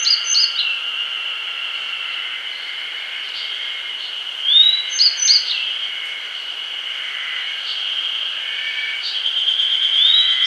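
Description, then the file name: Grey bunting high notes at the start, a full phrase of rising whistle and clipped notes near five seconds, and another upslur at the end, with a steady background drone. "Emberiza variabilis"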